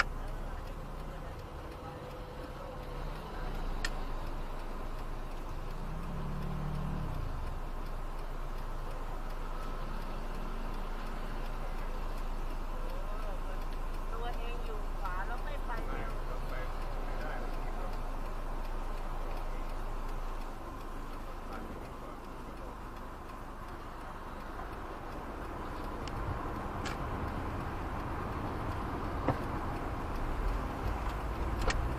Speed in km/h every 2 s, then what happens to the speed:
79, 80, 80, 81, 79, 78, 76, 76, 78, 77, 80, 79, 78, 78, 78, 77.
0-32 steady at about 78.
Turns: none.